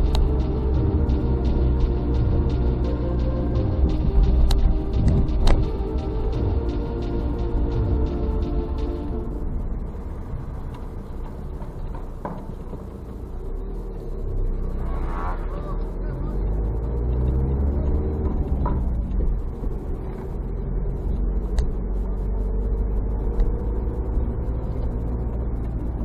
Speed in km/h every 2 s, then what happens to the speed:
30, 27, 27, 22, 24, 13, 0, 0, 1, 17, 19, 23, 25.
0-12 slows to 0. 12-16 standing. 16-26 pulls away to 25.